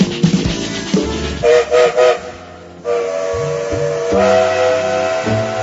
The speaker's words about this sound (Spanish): Buenas noches. Como todos los días, el tren se pone en movimiento. Ustedes ya escucharon el silbato y significa que ya estamos en marcha.